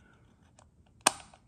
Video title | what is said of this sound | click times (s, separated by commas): Jurassic World 🌎 Dominion Extreme Damage Roarin’ Allosaurus by Mattel 🎥✅🌿🦖😃🌎🛴🤩🌲🌙 | it pops into place and stays. That's nice. | 1.1 s